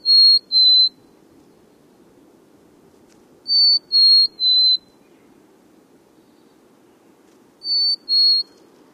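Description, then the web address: Mountain chickadee singing short whistled phrases of two or three pure, slightly descending notes, repeated with pauses of a few seconds, against a quiet low hum. "Know Your Bird Sounds Common Western Species 01-Mountain Chickadee"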